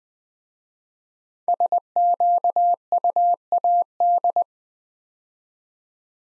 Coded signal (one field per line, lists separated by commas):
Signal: Morse code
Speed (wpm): 20 wpm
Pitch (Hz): 700 Hz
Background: none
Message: SQUAD